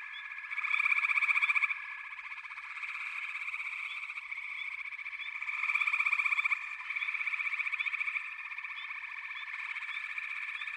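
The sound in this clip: Frog chorus, dense overlapping trilled pulses at a steady high pitch, swelling louder in two bursts around the second and sixth seconds, with faint rising chirps throughout.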